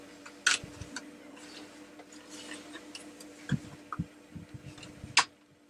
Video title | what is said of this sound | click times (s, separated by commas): Hideous Harry's Toy Factory Part 3 - Assembly with a small modification | re-snapped it all back together i'm sure you heard the click | 5.2 s